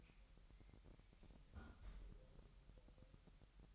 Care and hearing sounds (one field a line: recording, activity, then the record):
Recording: daily activity, microphone in the room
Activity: close fridge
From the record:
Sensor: 3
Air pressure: 1001.9 hPa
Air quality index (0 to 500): 246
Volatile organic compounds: 51 ppm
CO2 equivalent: 3306 ppm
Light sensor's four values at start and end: 12/36/16/13 and 12/36/15/13